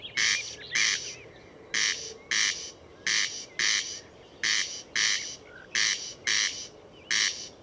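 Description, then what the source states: Corn crake rasping crex-crex over and over in regular doubled bursts, faint twittering of other birds in the background. Recorded at Murnauer Moos, Germany, on 29 May 2014.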